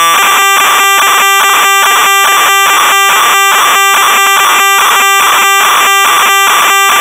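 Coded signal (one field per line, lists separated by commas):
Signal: computer data on cassette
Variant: Amstrad CPC 464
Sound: harsh buzzing data bursts chopping rapidly, with a steady humming tone underneath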